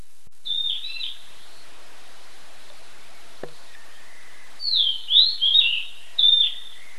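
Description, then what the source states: Bird song with high, clear whistled phrases, a short burst early, then a pause and a run of several quick warbled phrases near the end. Recorded in a forest.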